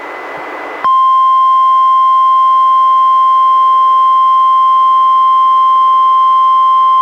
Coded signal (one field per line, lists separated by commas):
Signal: Emergency Alert System (SAME) tones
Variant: 1050 Hz attention tone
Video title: EAS #718-719: 2 NWR Required Weekly Tests- Nov. 16, 2022